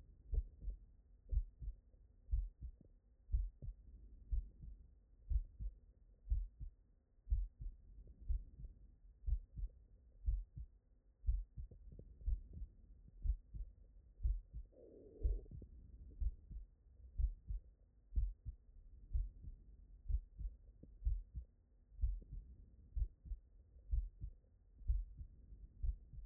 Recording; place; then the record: heart sounds by stethoscope; tricuspid valve (TV)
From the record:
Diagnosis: non-HFrEF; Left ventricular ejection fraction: 66%